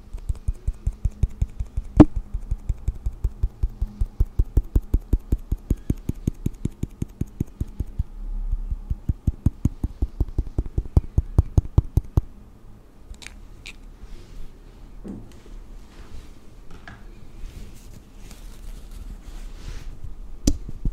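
Makeup being applied to a face, heard as a quick, fairly regular run of soft low taps and pats for the first twelve seconds. After that the tapping stops, leaving a low hum with a few scattered sharp clicks and light brushing sounds until the end.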